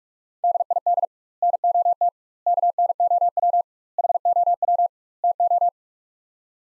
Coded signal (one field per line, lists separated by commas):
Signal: Morse code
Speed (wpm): 42 wpm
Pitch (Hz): 700 Hz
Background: none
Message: DID NOT KNOW HOW TO